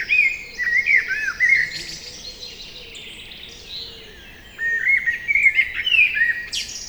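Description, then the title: Common blackbird singing mellow fluting phrases that end in higher twittering, two bursts separated by a quieter pause, with faint background chorus. Common blackbird singing trills from a tree beside a lake in Magnieu, France, during the evening chorus; Sennheiser MKH8040 stereo ORTF microphones, Zoom F8 recorder. "Lac de Barterand - Magnieu, France - Chorus du soir"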